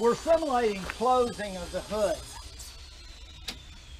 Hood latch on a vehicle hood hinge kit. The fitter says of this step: all latches are operated now I'm